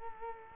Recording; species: mosquito wingbeat signal from an infrared sensor; Culex quinquefasciatus